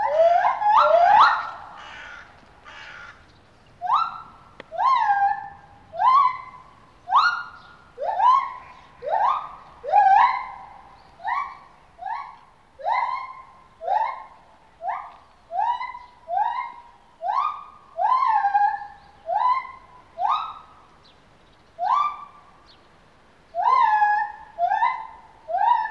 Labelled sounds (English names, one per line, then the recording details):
Lar Gibbon
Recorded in captivity
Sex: pair
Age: adult
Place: Zoo Berlin, Berlin, DE
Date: 1988-11-05
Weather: sonnig, -3 bis +3°C
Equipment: Sony WM-D6C, Kopie Uher
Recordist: Tembrock, Günter